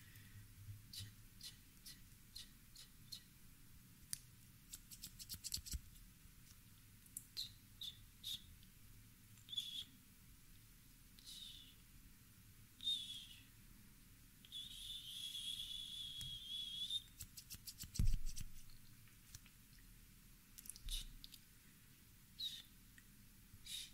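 Scissors snip through hair in short, crisp bursts, scattered irregularly with brief pauses between. Around fifteen to seventeen seconds a longer run of rapid cutting forms a steady hiss, and a soft thump lands near eighteen seconds over a low, quiet rumble.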